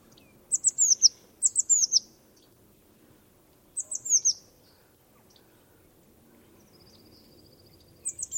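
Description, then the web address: Bird calls: high, sharp descending chirps given in quick groups of three or four, about four bursts, with a faint buzzy trill near the end over low background noise. "cianscape. Deverinetal 2025. Bird Only"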